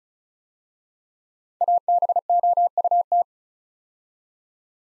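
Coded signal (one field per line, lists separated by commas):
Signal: Morse code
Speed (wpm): 36 wpm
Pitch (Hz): 700 Hz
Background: none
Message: ABOUT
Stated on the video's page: Morse practice sending 5-letter words at 35 wpm, each word sent twice for head-copy training.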